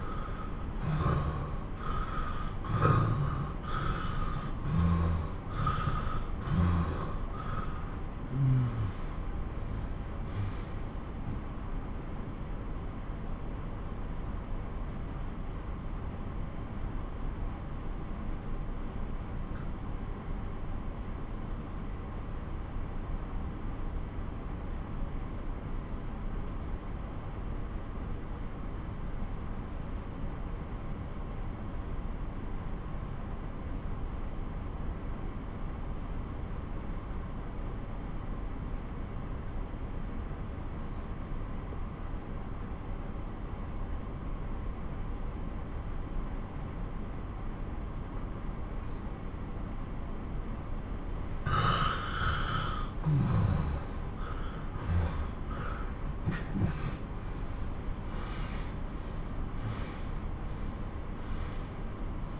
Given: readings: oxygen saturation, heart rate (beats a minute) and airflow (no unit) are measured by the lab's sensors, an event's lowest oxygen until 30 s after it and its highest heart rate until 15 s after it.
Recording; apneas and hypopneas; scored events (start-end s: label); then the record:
breathing in sleep by a smartphone at the bedside; 1
11.00-50.20 s: obstructive apnea (N2, oxygen 95% highest, then 88% lowest)
From the record:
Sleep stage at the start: N2 (light sleep); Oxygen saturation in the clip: 87 to 95%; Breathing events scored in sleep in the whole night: 217 in 6.3 hours asleep